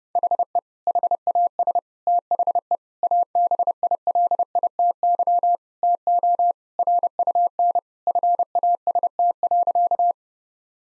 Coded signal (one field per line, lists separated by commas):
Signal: Morse code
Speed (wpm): 30 wpm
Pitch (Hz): 700 Hz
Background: none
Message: HE HAS THE ABILITY TO RUN FAST.